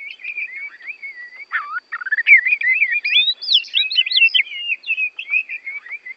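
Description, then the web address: Oriental magpie-robin song, a fluent torrent of whistled slurs, warbles and high rising notes with scarcely a pause. Bornean form, used for training songbirds. "kacer borneo. masteran kacer"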